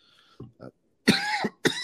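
Two soft throat-clearing grunts followed by two harsh, loud cough bursts from an adult man who is not yet fully recovered from an illness.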